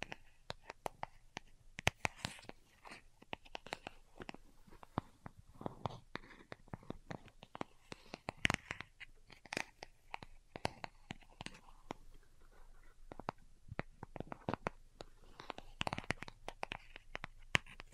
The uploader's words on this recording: ASMR DELICATE Tapping for Sleep (No Talking).